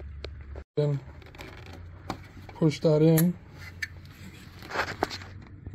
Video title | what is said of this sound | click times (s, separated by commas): How to replace D2S 85122C1 Xenon HID Headlight Bulb, 2007 Lexus RX350, Toyota and others. | clicked into place and that's it | 5.0 s